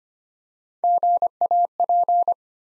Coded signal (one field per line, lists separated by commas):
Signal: Morse code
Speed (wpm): 25 wpm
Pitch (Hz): 700 Hz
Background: none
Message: GAP